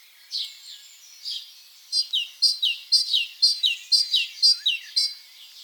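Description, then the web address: Great tit singing a run of quick two-note phrases, each high note falling to a lower one, after a few soft notes. "SETE data Parus major"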